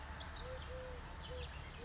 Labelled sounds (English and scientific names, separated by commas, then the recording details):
Eurasian Collared Dove (Streptopelia decaocto)
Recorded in Sonoma County, California